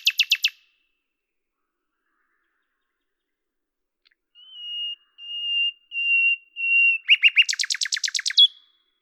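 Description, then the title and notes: Common nightingale song: a rapid trill, a long pause, then four drawn-out level whistles followed by a fast, harsh rattling burst of repeated notes. At Lavours, France, on 10 May 1998; Tascam DAP-1 with Télingua microphone, edited in Samplitude 5.1. "D83, 01350 Lavours, France - rossignol à LAVOURS. 10/05/1998"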